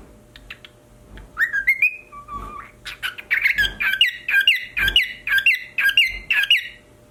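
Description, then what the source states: Cockatiel starting with a few whistled notes, then breaking into a fast series of chirped calls over a faint hum. Pied colour variety.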